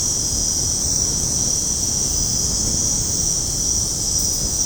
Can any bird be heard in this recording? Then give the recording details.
no. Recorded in secondary vegetation near Puerto Asís, Putumayo, Colombia, on 21 February 2024 at 23:30. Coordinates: 0.489, -76.322. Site G6419